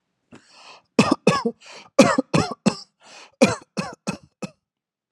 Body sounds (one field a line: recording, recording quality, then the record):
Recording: shallow voluntary cough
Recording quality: excellent, no background noise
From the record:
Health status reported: healthy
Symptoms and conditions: none ticked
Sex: male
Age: 50 years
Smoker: not ticked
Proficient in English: yes